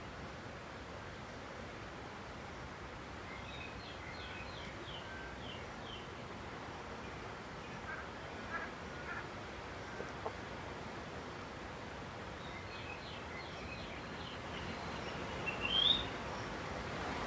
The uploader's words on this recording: Morning on the Zambezi River. Recorded near Simonga, Zambia.